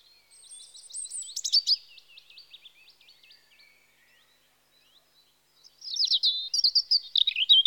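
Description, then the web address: European robin song with high thin whistles and rapid trills, fading into soft wandering notes, then after a silence a bright, loud burst of tumbling warbles. Spring. "BBC Sound Effects Library Birds Robin (Erithacus Rubecula) Spring"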